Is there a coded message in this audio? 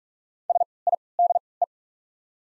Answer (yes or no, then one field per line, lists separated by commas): yes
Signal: Morse code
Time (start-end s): 0.5-1.6 s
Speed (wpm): 43 wpm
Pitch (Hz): 700 Hz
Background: none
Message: S I D E